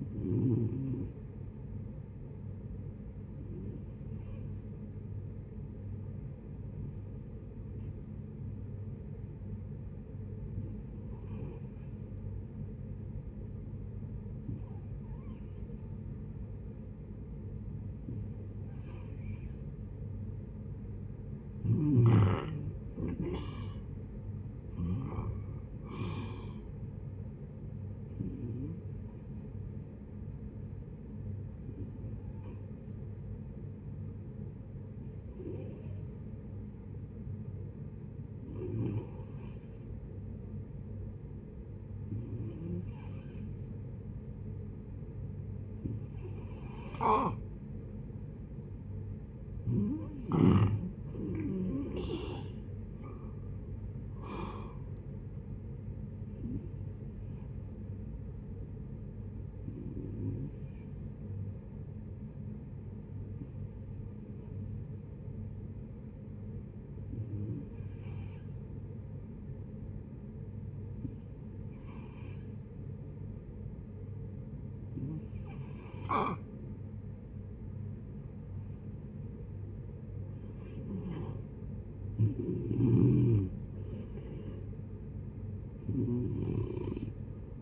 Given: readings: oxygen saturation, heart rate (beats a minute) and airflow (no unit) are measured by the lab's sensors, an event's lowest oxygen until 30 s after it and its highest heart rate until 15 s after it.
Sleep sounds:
breathing in sleep by a smartphone at the bedside; 3
3.00-21.00 s: hypopnea (N2, oxygen 90% highest, then 89% lowest, heart rate 69 at the start, 73 highest)
32.00-49.80 s: hypopnea (N2, oxygen 95% highest, then 89% lowest, heart rate 61 at the start, 73 highest)
56.00-76.40 s: hypopnea (N2, oxygen 94% highest, then 88% lowest, heart rate 64 at the start, 73 highest)
From the record:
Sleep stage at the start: N2 (light sleep); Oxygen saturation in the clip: 87 to 95%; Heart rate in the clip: 56 to 73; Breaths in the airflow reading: 25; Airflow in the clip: -9.1 to 12.4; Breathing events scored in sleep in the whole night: 496 in 5.4 hours asleep

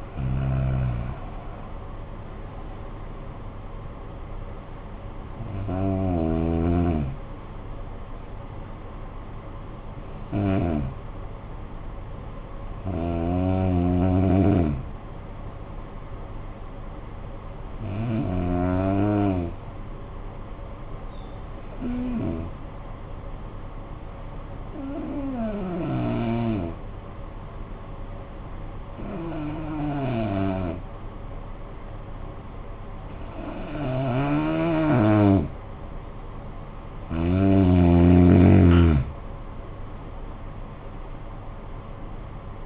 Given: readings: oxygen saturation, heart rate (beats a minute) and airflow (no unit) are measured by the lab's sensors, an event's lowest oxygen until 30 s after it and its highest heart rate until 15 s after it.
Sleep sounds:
breathing in sleep by a smartphone at the bedside; 1
11.00-36.70 s: hypopnea (N2, oxygen 95% highest, then 81% lowest, heart rate 51 at the start, 68 highest)
From the record:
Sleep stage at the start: N2 (light sleep); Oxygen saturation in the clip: 83 to 95%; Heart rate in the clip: 49 to 67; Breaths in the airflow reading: 11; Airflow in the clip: -11.3 to 10.0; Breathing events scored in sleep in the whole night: 445 in 7.6 hours asleep

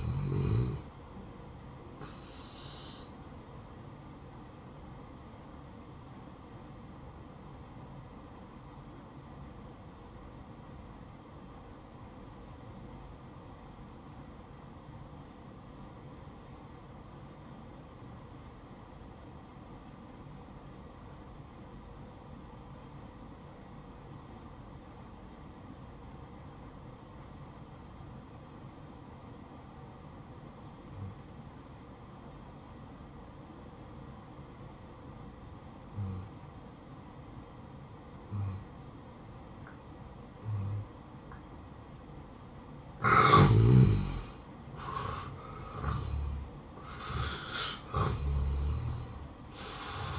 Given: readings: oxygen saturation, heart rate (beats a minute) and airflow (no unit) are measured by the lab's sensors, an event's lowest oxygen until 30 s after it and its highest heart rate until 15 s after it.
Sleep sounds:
breathing in sleep by a smartphone at the bedside; 1
3.00-43.40 s: hypopnea (N1, oxygen 95% highest, then 85% lowest, heart rate 69 at the start, 71 highest)
29.00-50.19 s: new sleep stage, N2 (light sleep)
From the record:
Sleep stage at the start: N1 (lightest sleep); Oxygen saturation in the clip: 84 to 95%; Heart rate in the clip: 57 to 71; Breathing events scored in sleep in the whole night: 573 in 9.8 hours asleep

